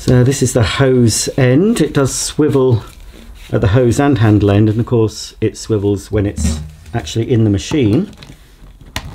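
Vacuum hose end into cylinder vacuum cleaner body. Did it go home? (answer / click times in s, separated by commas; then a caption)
yes / 9.0 s. Someone talks about the swivelling plastic hose end while it is pushed into the cylinder vacuum cleaner body, and it seats with a sharp click at 8.9 s. It clicks into place but leaks a little air, so the seal is not complete.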